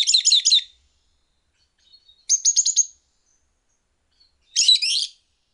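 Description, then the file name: Lovebird calls: three brief bursts of rapid, harsh chattering notes, each under a second, separated by pauses. "suara call lovebird"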